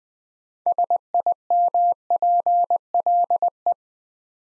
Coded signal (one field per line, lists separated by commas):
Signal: Morse code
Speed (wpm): 20 wpm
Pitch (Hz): 700 Hz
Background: none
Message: SIMPLE